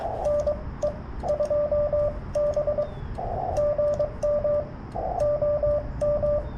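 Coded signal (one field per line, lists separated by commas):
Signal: Morse code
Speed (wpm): 21 wpm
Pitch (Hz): 590 Hz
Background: radio noise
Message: NE2B GM OM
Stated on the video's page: CW Parks On The Air activation with a Yaesu FT-891 100 W field rig in poor band conditions.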